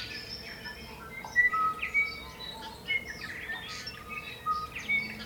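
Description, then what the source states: Tui song with bright ringing whistles and clicking notes in quick succession, joined by other birds in a chorus over a soft background hum. Morning chorus, New Zealand.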